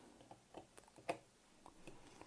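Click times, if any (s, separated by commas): none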